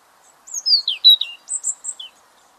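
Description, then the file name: European robin song: a clear, loud phrase of tumbling high whistles that slide downward, then rise into bright trilled notes, ending with a short downslurred note. "Erithacus rubecula"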